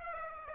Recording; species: mosquito wingbeat signal from an infrared sensor; Aedes aegypti